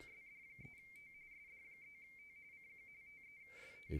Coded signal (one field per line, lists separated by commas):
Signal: RTTY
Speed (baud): 45.45 baud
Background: speech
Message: SD3T SD3T CQ TEST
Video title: Mad Cave - Radio - CQ WPX RTTY contest - 2024